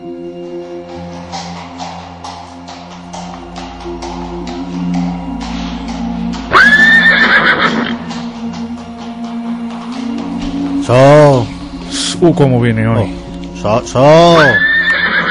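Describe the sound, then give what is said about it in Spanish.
A horse whinnies several times, loud shrill neighs with a quavering, rising-and-falling pitch, while a person speaks briefly and a low background hum runs underneath. “Agarra el caballo, por favor, que se te desboca.”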